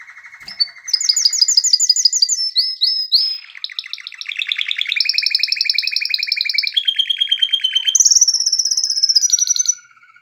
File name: canary